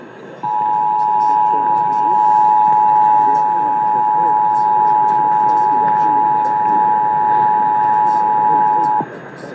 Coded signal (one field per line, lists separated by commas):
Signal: Emergency Alert System (SAME) tones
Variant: 853 and 960 Hz attention tone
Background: speech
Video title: Southeast Michigan RMT on WJR (6/23/21)(EAS 763)